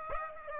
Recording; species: mosquito wingbeat signal from an infrared sensor; Aedes aegypti